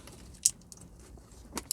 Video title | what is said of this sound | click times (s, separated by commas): android auto - apple carplay BMW 5 Series e60/e61 Install | Make sure that's home all the way. It's like there's two clicks, there's one and you get another one. So yeah, that's in there. | 0.5 s, 1.7 s